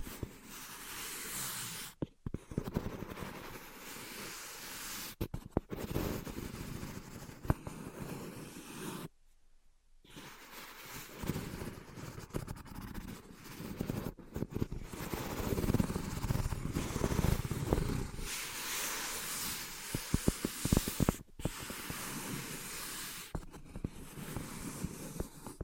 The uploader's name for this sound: Invisible Tapping and Scratching